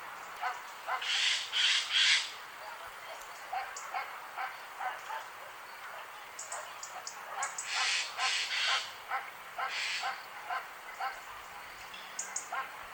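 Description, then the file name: Eurasian jay uttering harsh, noisy screeches in clusters of two or three, alternating with fainter scratchy notes. "Gaai Garrulus glandarius"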